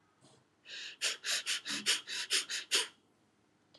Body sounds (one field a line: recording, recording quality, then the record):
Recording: shallow breathing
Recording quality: excellent, no background noise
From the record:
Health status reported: healthy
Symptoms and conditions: asthma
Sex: female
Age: 40 years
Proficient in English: yes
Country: India